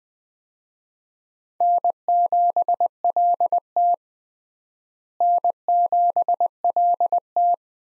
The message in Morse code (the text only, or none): N7LT N7LT